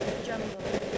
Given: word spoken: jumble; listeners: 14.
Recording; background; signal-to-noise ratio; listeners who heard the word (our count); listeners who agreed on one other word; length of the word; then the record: one English word in noise, from a listening test; noise modulated by three-talker babble; -5.5 dB; 2 of 14; 11 of 14; 0.58 s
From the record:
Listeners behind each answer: 11, 2, 1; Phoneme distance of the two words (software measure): 20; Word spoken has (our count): 2 syllables, 5 phonemes, stress on syllable 1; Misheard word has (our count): 2 syllables, 5 phonemes, stress on syllable 1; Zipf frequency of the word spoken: 3.38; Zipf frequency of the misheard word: 4.38